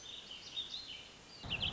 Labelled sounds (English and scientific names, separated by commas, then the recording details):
Warbling Vireo (Vireo gilvus)
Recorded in Sonoma County, California